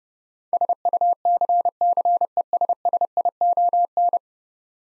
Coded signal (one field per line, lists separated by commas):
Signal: Morse code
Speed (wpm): 30 wpm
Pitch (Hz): 700 Hz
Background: none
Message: SUCCESSION